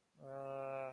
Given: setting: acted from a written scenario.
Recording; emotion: vocal sound without words; negative surprise